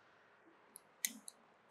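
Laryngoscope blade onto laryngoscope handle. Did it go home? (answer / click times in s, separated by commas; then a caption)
yes / 1.1 s. A laryngoscope blade's groove is fitted onto the laryngoscope handle's rod, with faint clicks at about 0.8 s, 1.3 s and 1.7 s. The blade snaps into place with a sharp, loud click at 1.1 s and is attached to the handle.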